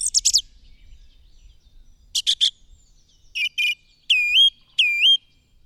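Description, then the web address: Bird song: short bursts of high chirps, then two drawn-out whistled notes that dip and rise, with quiet pauses between phrases. "madarak enek"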